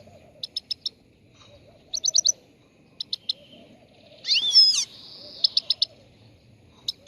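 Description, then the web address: Chegolín song: quick bursts of three or four sharp high chirps, then one loud buzzy, slurred phrase midway, followed by more chirp bursts. Morning song, bird on the roof of a house. "el canto matutino del chegolin en el tejado de casa"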